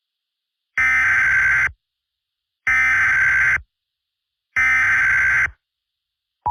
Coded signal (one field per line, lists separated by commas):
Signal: Emergency Alert System (SAME) tones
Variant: header bursts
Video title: EAS Scenario - Frozen Over